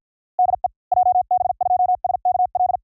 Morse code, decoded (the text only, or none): DE JB2SKL